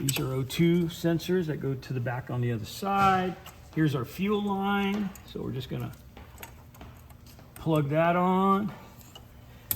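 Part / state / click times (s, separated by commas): fuel line quick-connector onto engine fuel rail line / seated / 9.7 s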